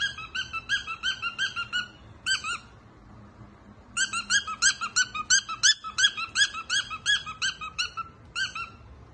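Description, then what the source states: Cockatiel whistled song: short harmonic notes repeated about three times a second in bursts, pausing briefly between phrases. Several cockatiels singing, whistling.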